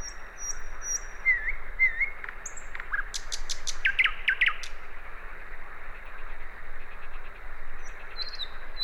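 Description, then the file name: Common nightingale singing: brief slurred whistles, then a quick burst of loud clicking notes and a rattled phrase, over constant background hiss. "Luscinia megarhynchos"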